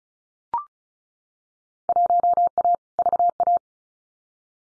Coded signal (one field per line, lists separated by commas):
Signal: Morse code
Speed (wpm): 36 wpm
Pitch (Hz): 700 Hz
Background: none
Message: 1A VA